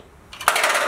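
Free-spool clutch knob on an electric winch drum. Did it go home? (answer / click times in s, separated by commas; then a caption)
yes / 0.3 s, 0.5 s. The free-spool clutch knob on the drum of a 2500 lb electric winch is twisted back to engaged, and the cable is pulled until the clutch drops in. Quiet handling noise gives way to a click at 0.3 s and a sharper, louder click at 0.5 s, followed by a bright metallic rattle. The clutch ends up locked in the engaged position.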